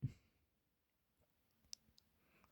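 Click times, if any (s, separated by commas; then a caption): 1.7 s, 2.0 s. A small plastic part is pressed into the body of a Ferrari 330 scale model car, giving a low thump at the start and then two sharp clicks at 1.7 s and 2.0 s. Despite the clicks, the part ends up badly fitted and not properly seated.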